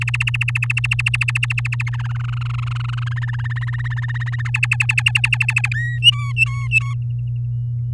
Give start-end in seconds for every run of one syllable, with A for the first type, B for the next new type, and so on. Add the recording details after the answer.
0.01-1.90 A, 1.93-3.09 B, 3.11-4.42 C, 4.45-5.68 D, 5.71-5.99 E, 6.02-6.94 F. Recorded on 11 May 2018 at 10:19. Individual llb16